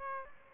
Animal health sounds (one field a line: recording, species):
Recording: mosquito wingbeat signal from an infrared sensor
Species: Aedes aegypti